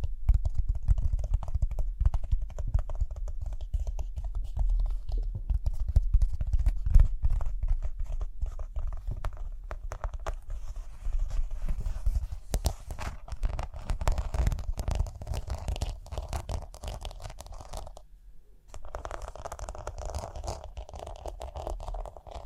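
Rhinestones are tapped, scratched and brushed in a dense run of small clicky taps and rough scratches with a low rumbling undertone. The texture stays busy throughout, with a brief near-silent pause around eighteen seconds before the scratching resumes, slightly quieter.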